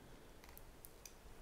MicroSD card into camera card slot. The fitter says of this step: try to push it down with your fingernail far enough till it snaps into place it should stay all the way down flush with the battery you'll hear a little click